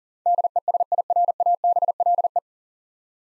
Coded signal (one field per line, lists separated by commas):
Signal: Morse code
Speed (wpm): 40 wpm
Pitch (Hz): 700 Hz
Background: none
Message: DESIRABLE